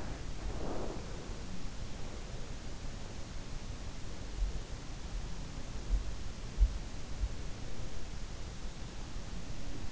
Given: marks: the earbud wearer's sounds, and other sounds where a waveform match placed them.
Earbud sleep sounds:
sounds in sleep by an in-ear microphone; breath
0.00-1.12 s: breath

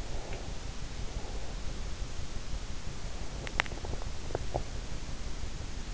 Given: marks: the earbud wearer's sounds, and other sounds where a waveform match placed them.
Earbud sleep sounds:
sounds in sleep by an in-ear microphone; breath, swallowing
0.00-1.62 s: breath
3.51-4.74 s: swallowing

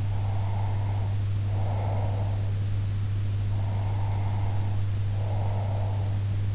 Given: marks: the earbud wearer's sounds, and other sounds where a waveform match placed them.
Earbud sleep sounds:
sounds in sleep by an in-ear microphone; breath
0.12-2.49 s: breath
3.55-6.15 s: breath

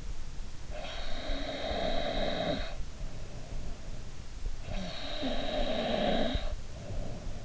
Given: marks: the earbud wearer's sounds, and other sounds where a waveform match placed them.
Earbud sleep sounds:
sounds in sleep by an in-ear microphone; snoring breath
0.69-2.79 s: snoring breath
4.69-7.44 s: snoring breath

